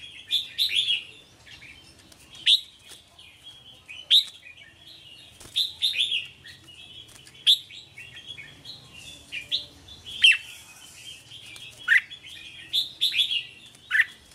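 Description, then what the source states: Red-whiskered bulbul singing short, sharp chirpy phrases roughly every one to two seconds, with a few clicking notes between them. Song of the 'hót chè' style.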